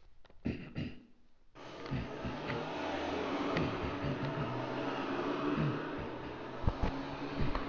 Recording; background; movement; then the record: throat clearing; traffic; sitting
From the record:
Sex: male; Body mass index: 23.7 kg/m2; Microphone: on the chest, facing outward